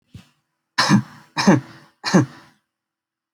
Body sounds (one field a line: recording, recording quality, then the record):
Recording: shallow voluntary cough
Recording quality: excellent, no background noise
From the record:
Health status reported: healthy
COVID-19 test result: not tested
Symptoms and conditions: cold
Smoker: not ticked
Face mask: not worn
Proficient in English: yes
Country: India